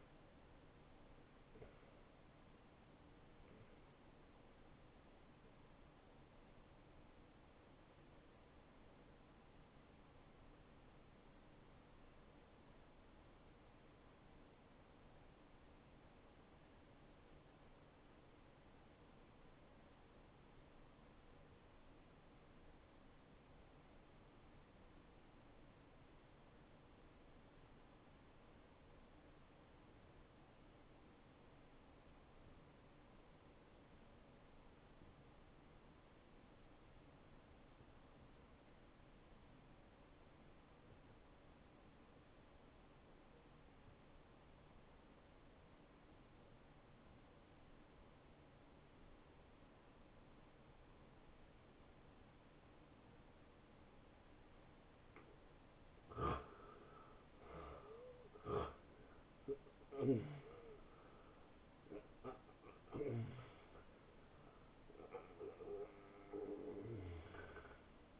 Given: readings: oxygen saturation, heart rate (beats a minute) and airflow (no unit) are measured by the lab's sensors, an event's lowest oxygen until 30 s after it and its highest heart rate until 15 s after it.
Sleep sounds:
breathing in sleep by a voice recorder at the bedside; 1
8.00-54.60 s: hypopnea (N1, oxygen 96% highest, then 80% lowest, heart rate 76 at the start, 84 highest)
From the record:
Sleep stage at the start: N1 (lightest sleep); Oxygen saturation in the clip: 82 to 96%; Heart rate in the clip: 65 to 83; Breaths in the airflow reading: 6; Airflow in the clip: -17.9 to 11.2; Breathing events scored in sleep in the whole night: 263 in 5.5 hours asleep

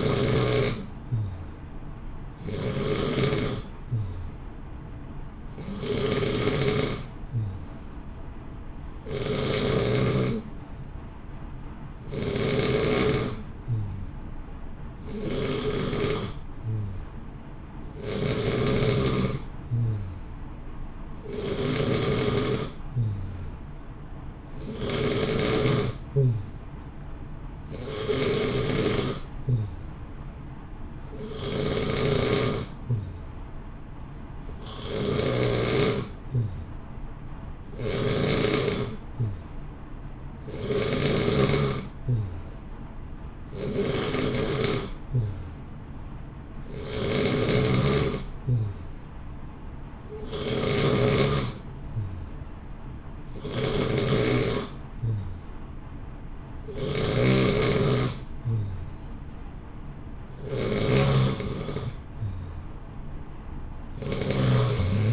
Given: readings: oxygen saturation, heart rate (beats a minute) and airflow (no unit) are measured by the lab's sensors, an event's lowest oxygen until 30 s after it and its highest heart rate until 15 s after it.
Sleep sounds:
breathing in sleep by a smartphone at the bedside; none
none scored
From the record:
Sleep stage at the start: N3 (deep sleep); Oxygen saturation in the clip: 89 to 91%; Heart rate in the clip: 60 to 64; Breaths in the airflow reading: 27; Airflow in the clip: -0.7 to 1.0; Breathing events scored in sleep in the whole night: 328 in 6.3 hours asleep

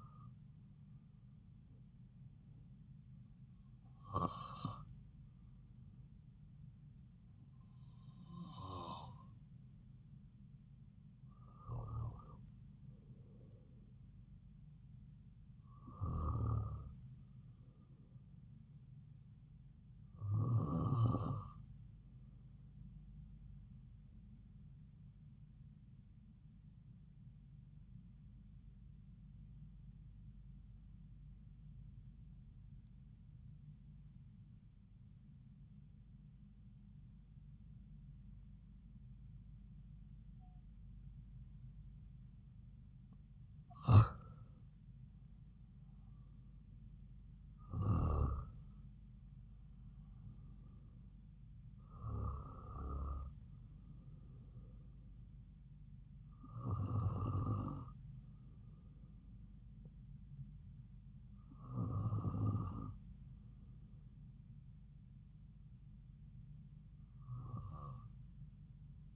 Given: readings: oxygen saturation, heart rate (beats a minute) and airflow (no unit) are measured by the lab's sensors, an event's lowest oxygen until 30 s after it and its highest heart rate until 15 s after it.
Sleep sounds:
breathing in sleep by a smartphone at the bedside; 1
24.00-69.16 s: new sleep stage, N2 (light sleep)
27.00-46.10 s: hypopnea (N2, oxygen 96% highest, then 91% lowest)
From the record:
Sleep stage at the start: N1 (lightest sleep); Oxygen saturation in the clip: 91 to 96%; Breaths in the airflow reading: 13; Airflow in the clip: -4.6 to 4.6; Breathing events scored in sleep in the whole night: 270 in 6.1 hours asleep

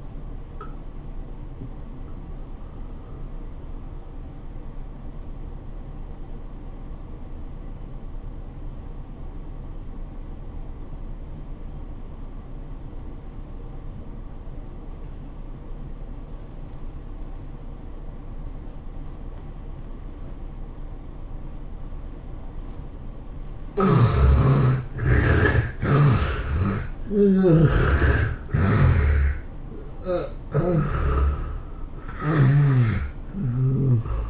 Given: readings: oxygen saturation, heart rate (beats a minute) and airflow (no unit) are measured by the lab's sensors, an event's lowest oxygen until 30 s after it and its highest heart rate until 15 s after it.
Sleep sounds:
breathing in sleep by a smartphone at the bedside; 1
3.00-22.30 s: obstructive apnea (N1, oxygen 96% highest, then 71% lowest, heart rate 93 at the start, 106 highest)
From the record:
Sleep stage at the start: N1 (lightest sleep); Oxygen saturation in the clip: 72 to 96%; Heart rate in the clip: 78 to 106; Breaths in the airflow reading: 4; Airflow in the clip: -14.5 to 15.3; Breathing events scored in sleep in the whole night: 403 in 5.5 hours asleep

